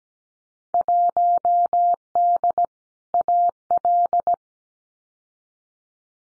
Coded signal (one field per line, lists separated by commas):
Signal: Morse code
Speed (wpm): 17 wpm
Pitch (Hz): 700 Hz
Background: none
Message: 1D AL